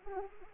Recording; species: mosquito wingbeat signal from an infrared sensor; Anopheles arabiensis